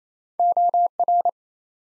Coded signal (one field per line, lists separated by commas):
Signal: Morse code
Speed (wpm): 28 wpm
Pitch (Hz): 700 Hz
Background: none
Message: OR